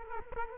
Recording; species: mosquito wingbeat signal from an infrared sensor; Culex quinquefasciatus